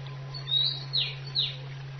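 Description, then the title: Oriental magpie-robin giving a short whistled phrase: one rising sweet note followed by two quick falling whistles, a low hum continuing throughout. "Kicau Kacer"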